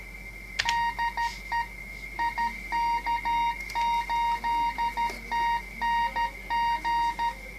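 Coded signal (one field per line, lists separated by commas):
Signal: Morse code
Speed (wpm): 13 wpm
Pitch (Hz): 940 Hz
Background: music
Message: DE IK8TNG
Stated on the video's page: CW generated by an encoder interface connected via CAT to a Kenwood TS-990, using an internal codec without a PC sound card.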